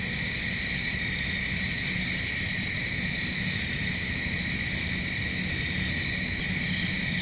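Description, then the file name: Crickets in a constant high chorus, interrupted briefly by a short burst of rapid, very high pulses. Recorded in Flat Rock. "Owl in Flat Rock with cricketts"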